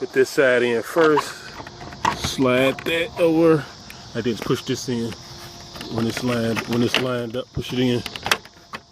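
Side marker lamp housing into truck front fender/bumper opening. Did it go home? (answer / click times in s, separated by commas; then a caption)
yes / 8.3 s. Someone talks while lining up the plastic side marker lamp housing of a 2000-2006 Chevy Suburban and pushing it into the front fender/bumper opening of the truck. A sharp plastic click sounds at 8.3 s as the housing snaps home and is seated.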